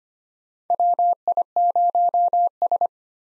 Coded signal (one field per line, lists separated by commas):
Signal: Morse code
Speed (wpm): 25 wpm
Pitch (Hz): 700 Hz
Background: none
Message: WI0S